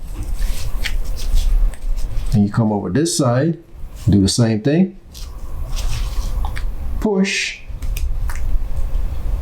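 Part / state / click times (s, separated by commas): watch band spring pin into smartwatch case lug / seated / 8.0 s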